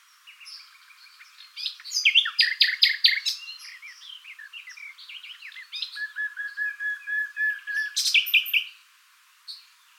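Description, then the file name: Common nightingale song: a loud run of sharp repeated notes, a lower steady series of rhythmic pulses, and a final bright flourish. "Luscinia megarhynchos"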